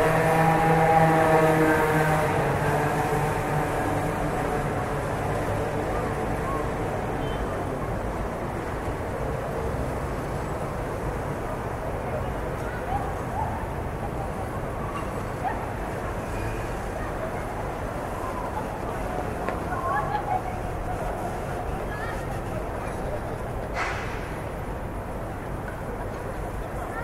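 A French city at night carries a steady low rumble of traffic that stays even for the whole stretch. A vehicle's tonal drone fades out over the first few seconds, faint voices surface now and then, and a brief sharp click lands near twenty-four seconds.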